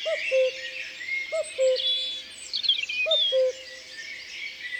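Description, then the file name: Common cuckoo calling cu-coo three times, low and hollow with a drop on the second note, amid whistles and chirps from other birds. Recorded in the Drôme, France. "Coucou gris Concerts Naturels de la Drome Studio les Trois Becs"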